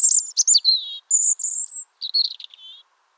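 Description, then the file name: European robin song: sweet descending whistles, a sustained very high thin note, then a gentle falling warble, all delivered with short pauses between notes. "Erithacus rubecula"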